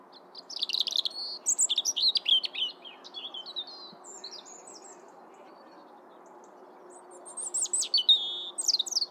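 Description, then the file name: European robin delivering a fast, jumbled phrase of high trills and sliding notes, falling silent for several seconds, then starting another sharp, high twittering phrase. "Erithacus rubecula"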